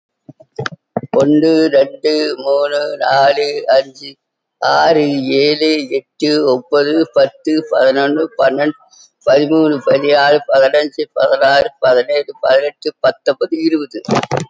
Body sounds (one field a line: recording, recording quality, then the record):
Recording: counting at a normal pace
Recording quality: excellent, no background noise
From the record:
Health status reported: COVID-19 positive, mild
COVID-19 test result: positive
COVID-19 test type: RT-PCR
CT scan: not taken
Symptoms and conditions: cough, cold, muscle pain, chronic lung disease, ischaemic heart disease, another condition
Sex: female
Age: 81 years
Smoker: no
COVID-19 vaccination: none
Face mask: not worn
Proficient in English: no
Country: India